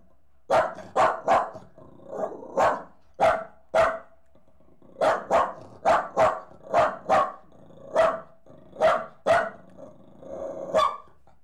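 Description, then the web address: Dog barking repeatedly, many sharp yaps in short irregular runs with brief pauses between them. Jack Russell Terrier and Corgi cross dog, leaping. "BBC Sound Effects Library. Jack Russel Corgi Cross Leaping"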